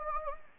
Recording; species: mosquito wingbeat signal from an infrared sensor; Anopheles gambiae